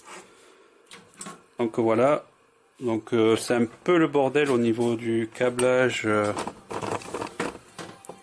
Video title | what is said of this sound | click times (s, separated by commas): Tutoriel évolution d'un PC Intel Core2Quad en PC de 2020 Ryzen 3600 | en force bien jusqu'à ce qu'on entend du petit pic donc | 1.2 s